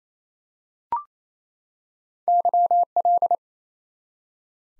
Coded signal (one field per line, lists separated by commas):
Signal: Morse code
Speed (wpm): 28 wpm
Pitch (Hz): 700 Hz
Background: none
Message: YL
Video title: Top 90 QSO Elements 28wpm